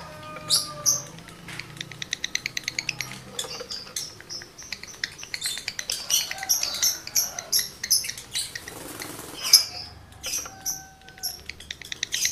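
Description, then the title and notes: Lovebird song, a long run of rapid clicking chirps and shrill twitters, rising and falling in bursts, with a few thin whistled notes. Male lovebird in breeding condition; song used as a lure to stimulate other lovebirds to sing. "Birahi Lovebird Jantan ke Gacor. Pancingan Suara Lovebird jantan birahi"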